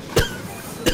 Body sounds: coughing mixed with background sound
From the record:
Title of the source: Coughing 51

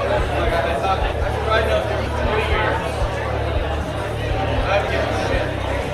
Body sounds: background sound without coughing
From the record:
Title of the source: CITY SOUNDS Busy Bar in the Evening Night - 2 HOURS of Ambiance for Relaxation

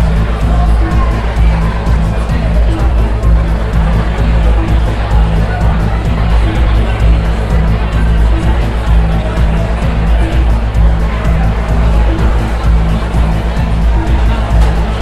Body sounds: background sound without coughing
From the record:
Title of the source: Party Noise 1 Hour Party Ambience

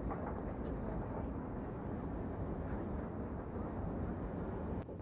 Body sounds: background sound without coughing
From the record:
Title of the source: Train Ride Ambience ambient white noise for sleeping, focus, studying, reading

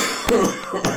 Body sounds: coughing mixed with background sound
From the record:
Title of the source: Spring Cold Coughing 3

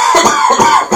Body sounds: coughing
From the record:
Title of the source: Spring Cold Coughing 2

